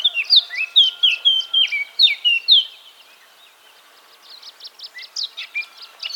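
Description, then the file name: Eurasian blackcap song: a loud run of scratchy notes and bright whistled slurs lasting over two seconds, then softer, subdued twittering warbles. "Sylvia atricapilla"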